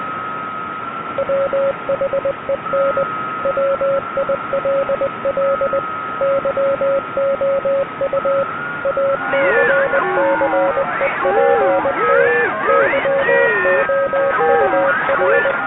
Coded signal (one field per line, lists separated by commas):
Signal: Morse code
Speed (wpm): 20 wpm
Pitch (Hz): 550 Hz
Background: music, radio noise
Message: WHEN WILL YOU ACCEPT YOUR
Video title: The National EAS Test Hijacking Of 2011